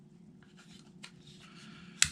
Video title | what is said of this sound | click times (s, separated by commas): Lima Laser Grip For Sig Sauer P320 | Snap it down, snaps right into position, push it back just a little bit. | 2.0 s